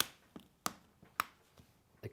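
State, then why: Seated. The housing parts of a Saniflo macerator are pushed together while the membrane is being put back on, and the retaining clip on the housing snaps into position with a sharp click at 0.0 s. Further sharp clicks follow at 0.7 s and 1.2 s, with fainter taps around 0.4 s, 1.6 s and 2.1 s. The clip is seated.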